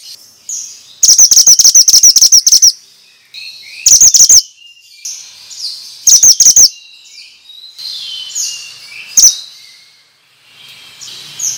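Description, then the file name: Bird song: a long burst of rapid, high, ringing chirps, then two shorter bursts and a single chirp, with softer chips and whistles between them. Used as a lure for stressed birds; 'suara mantenan' sound. "Pancingan Ampuh Burung Stress Suara Mantenan"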